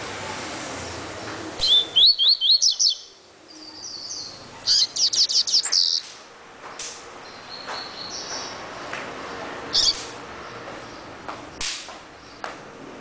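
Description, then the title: Double-collared seedeater song: two rapid bursts of high chirps a few seconds apart, followed by scattered soft clicks and faint notes. "Canto Coleiro"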